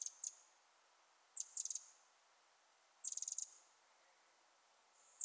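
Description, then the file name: Eurasian wren giving sharp high ticks in short bursts, the later runs longer and pulsed, with quiet gaps between. "Troglodytes troglodytes"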